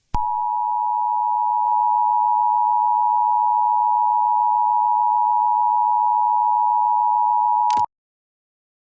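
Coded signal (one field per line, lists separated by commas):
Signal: Emergency Alert System (SAME) tones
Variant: 853 and 960 Hz attention tone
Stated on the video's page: Fictional EAS scenario.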